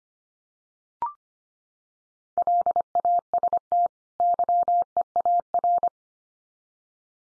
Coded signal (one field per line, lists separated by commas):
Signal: Morse code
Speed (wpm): 25 wpm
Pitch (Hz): 700 Hz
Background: none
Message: LAST YEAR